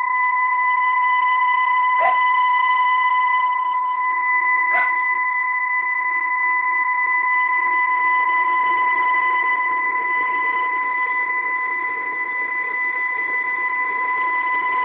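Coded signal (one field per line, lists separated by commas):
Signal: PSK31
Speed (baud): 31.25 baud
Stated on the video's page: Digital modes test from VOA Radiogram on 17860 kHz.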